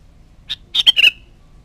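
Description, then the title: Sooty-headed bulbul song phrase: a soft introductory note, then a run of rapid liquid notes dropping in pitch and trailing off. "Kutilang"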